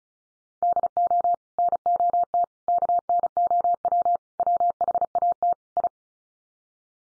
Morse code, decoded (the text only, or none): DO NOT KNOW WHAT I